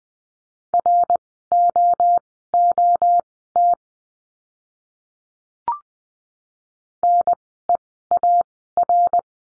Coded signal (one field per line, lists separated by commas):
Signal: Morse code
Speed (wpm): 20 wpm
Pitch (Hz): 700 Hz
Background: none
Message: ROOT NEAR